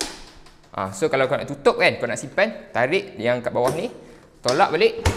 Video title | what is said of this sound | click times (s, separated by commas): Treadmill Kecik Boleh Lipat - Amazfit Air Run | So once kau buka ni, after dia dah bunyi klik tu, maksudnya dia dah lock dah, dia takkan jatuh. | 0.0 s